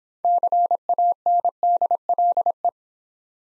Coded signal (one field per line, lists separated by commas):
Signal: Morse code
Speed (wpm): 26 wpm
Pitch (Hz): 700 Hz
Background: none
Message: CANDLE